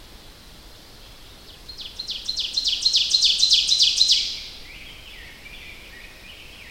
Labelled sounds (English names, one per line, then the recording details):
Ovenbird song
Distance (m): 15 m
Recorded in boreal forest in Alberta, Canada, on 10 June 2016 at 07:48
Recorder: SongMeter 3, array SBT-3-39
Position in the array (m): 324 m, 145 m
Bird 19